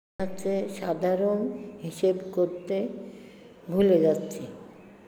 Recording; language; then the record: elicited speech; Bengali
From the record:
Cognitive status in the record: dementia